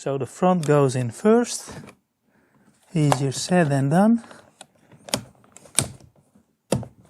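Someone talks while fitting a plastic interior console trim piece into the center console of a Lexus LS400, near the armrest and ashtray; the front goes in first, held by a plastic clip and spring clips on the back. After the talking, sharp plastic taps and knocks ring out at about 4.6, 5.1, 5.8 and 6.7 seconds as the piece is worked into place. Nothing has seated or clicked home yet.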